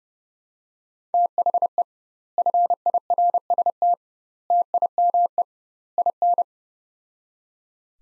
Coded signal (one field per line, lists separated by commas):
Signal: Morse code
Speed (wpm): 30 wpm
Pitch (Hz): 700 Hz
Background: none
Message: THE FIRST TIME IN